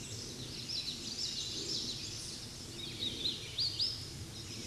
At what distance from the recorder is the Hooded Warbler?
about 40 m